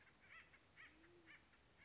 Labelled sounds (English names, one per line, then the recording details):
Band-tailed Pigeon
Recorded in Sonoma County, California